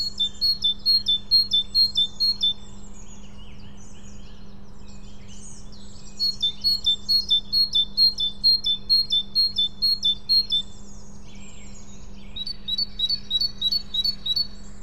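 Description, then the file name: Great tit repeating bright two-note phrases in three bouts of rhythmic song, with a faint low drone behind. "Parus major"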